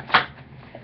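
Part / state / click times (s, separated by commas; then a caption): magnetic insert into makeup case / seated / 0.2 s. A removable magnetic insert in a travel makeup case is pressed back in and snaps onto its magnet with a sharp click at 0.2 s, locking into place. A faint tap follows at 0.8 s.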